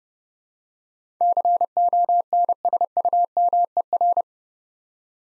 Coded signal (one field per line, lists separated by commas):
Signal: Morse code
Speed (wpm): 30 wpm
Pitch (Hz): 700 Hz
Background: none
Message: CONSUMER